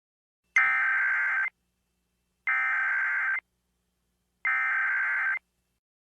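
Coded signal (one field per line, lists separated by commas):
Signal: Emergency Alert System (SAME) tones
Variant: header bursts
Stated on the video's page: Fictional Christmas EAS scenario with valid tones.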